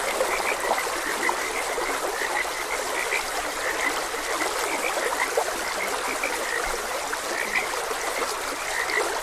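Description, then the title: Frog chorus of quick, repeated high croaks layered together without pause, set against a steady wash of flowing stream water. Frogs croaking beside a gentle stream. "Gentle Stream and Frogs Croaking"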